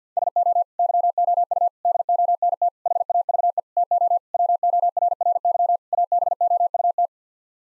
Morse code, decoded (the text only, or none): SO YOU DONT HAVE TO WORRY ABOUT